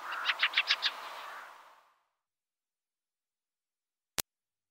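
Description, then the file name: Fieldfare uttering a quick run of five harsh chack notes, then silence broken by a single sharp click. "Grive litorne"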